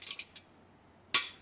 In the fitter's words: till you hear a clicker.